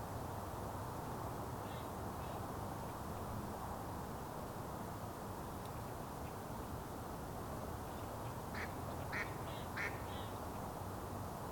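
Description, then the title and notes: Mallard quacks, faint near the start, then a quick cluster of louder calls near the end, all against heavy continuous traffic noise. Mallard on the rivière des Mille-Îles near Autoroute 15, Boisbriand, Montreal, recorded at rush hour with a Sound Devices recorder. "Montreal: Boisbriand (colvert). recorded by: Alain Dupuis. Colvert sur la rivière des Mille-îles à l'heure de pointe près de l'autoroute 15. Montreal Sound Map"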